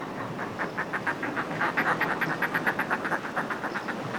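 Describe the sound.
Northern fulmar uttering a rapid, even chatter of coarse grunting notes, about four per second, against a soft hiss.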